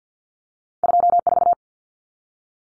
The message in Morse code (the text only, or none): 24